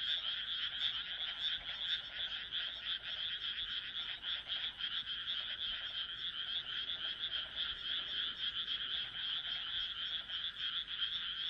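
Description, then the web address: Many frogs croaking at once, dense buzzy pulses blending into a constant chorus with little variation. "kaeru kaeru"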